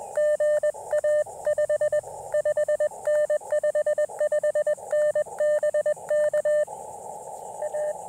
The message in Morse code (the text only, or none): GA 55N 55N BK A